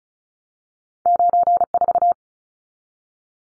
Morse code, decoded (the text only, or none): 94